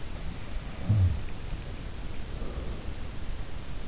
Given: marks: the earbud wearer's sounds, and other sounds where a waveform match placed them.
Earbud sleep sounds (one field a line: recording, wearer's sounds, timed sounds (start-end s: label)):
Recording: sounds in sleep by an in-ear microphone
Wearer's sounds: breath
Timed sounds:
0.08-3.19 s: sound from someone else or the room
0.57-3.20 s: breath